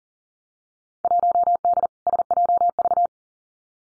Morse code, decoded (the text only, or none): 1D SJV